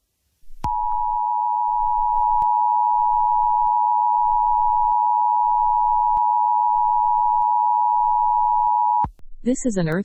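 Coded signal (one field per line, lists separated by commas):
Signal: Emergency Alert System (SAME) tones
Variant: 853 and 960 Hz attention tone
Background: speech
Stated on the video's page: Simulated EAS scenario for earthquakes.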